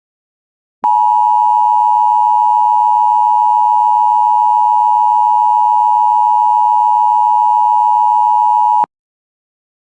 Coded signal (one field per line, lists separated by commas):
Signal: Emergency Alert System (SAME) tones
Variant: 853 and 960 Hz attention tone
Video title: EAS #234 Severe Thunderstrm Warning On WJON-IP